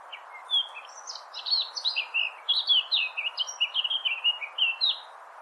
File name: Sylvia atricapilla